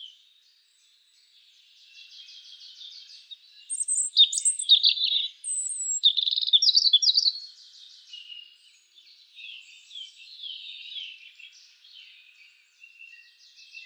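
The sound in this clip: European robin singing varied phrases of high thin whistles, sharp notes and fast trills, loudest in the middle, with softer warbling before and after.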